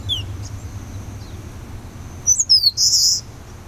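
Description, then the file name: Eastern crowned warbler gives one phrase near the end, sharp high slurred notes ending in a rasping buzz, after faint scattered chips against a steady high tone and low hum. "warbler-eastern-crowned -Phylloscopus-coronatus"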